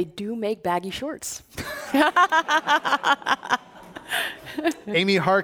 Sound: laughter